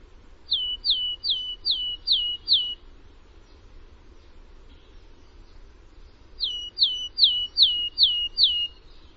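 Bird calling in two bursts of six quick, descending whistled notes each, separated by a few seconds of quiet with soft background noise.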